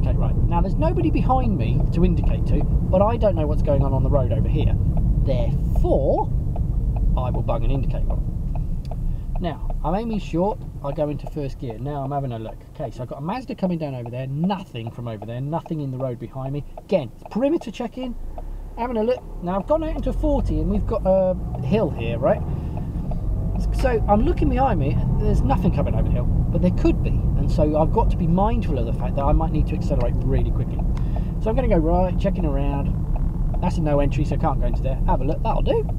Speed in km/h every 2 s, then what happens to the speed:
44, 35, 27, 23, 13, 3, 0, 0, 0, 8, 19, 23, 26, 39, 37, 35, 32, 23.
0-11 brakes to 0. 11-16 standing. 16-26 pulls away to 39. 26-36 slows to 23.